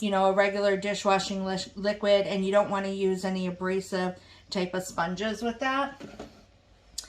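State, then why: Seated. Someone talks for most of the clip while a stainless steel mixing bowl sits on the base of a VIVOHOME stand mixer. The bowl is then turned clockwise on the base, and a short, sharp click at 7.0 s marks it twist-locking into place, seated.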